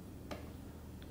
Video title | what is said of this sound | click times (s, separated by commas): HK MR762A1 - The Battle Rifle to Rule Them ALL! | hear that click it just released the detent now you can slide it all the way through | 0.3 s